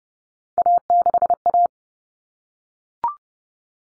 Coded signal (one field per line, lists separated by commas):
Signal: Morse code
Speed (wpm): 30 wpm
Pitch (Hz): 700 Hz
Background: none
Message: A6A